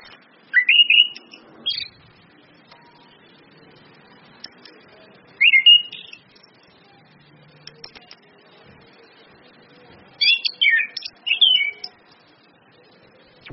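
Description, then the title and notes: Orange-headed thrush song in three separate bursts of rich, warbled high phrases spaced several seconds apart, with faint background noise between them. Indonesian bird-training lure with continuous song (ngeplong) and female calls (suitan betina), meant to make a bird sing steadily (gacor). "PANCINGAN anis kembang ngeplong dan SUITAN BETINA. Masteran Anis Kembang"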